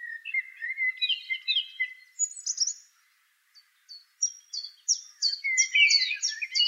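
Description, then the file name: Song thrush song: twittering phrases, then a brief pause and a sharp high note repeated several times in quick succession. "suara kicauan burung song thrush. omkicau"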